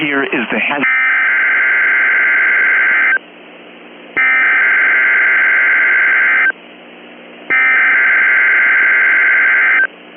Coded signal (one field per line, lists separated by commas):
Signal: Emergency Alert System (SAME) tones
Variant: header bursts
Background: speech